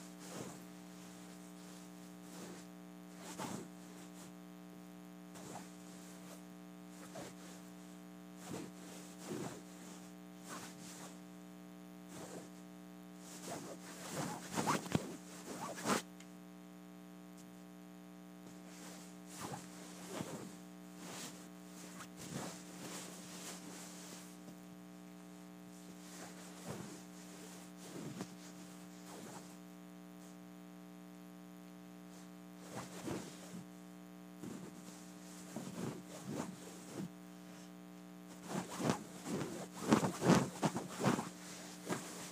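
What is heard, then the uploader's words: A pillow case is scratched and rubbed in short bursts of dry, papery friction, some quick and clustered, others longer, with louder flurries around 15 seconds and near the end. A steady low hum runs underneath throughout, with quiet stretches between bursts. ASMR Scratch and Rub: Pillow Case.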